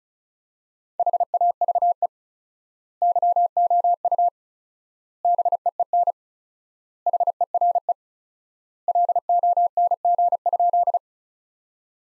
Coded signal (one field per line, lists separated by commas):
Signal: Morse code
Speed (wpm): 34 wpm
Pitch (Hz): 700 Hz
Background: none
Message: HAVE YOU BEEN HERE LONG?